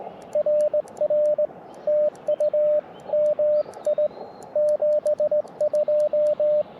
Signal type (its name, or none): Morse code